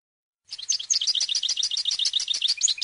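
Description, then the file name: European goldfinch song, a dense rapid twittering of bright high notes starting after a brief silence and continuing to the end. "audio burung goldfinch"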